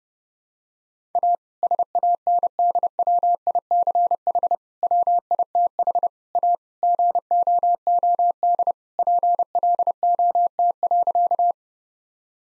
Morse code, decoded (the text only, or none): A SANDWICH WITH A GOOD PLOT.